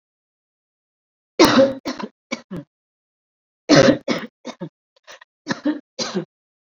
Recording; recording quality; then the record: shallow voluntary cough; excellent, no background noise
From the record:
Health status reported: COVID-19 positive, mild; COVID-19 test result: positive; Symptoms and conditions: cough, fever, fatigue, muscle pain, loss of smell and taste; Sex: female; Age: 27 years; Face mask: not worn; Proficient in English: yes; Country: India